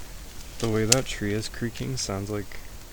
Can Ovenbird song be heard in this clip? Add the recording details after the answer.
no. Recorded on 25 June 2016 at 16:33. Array SBT-6-76